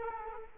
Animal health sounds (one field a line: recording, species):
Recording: mosquito wingbeat signal from an infrared sensor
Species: Culex quinquefasciatus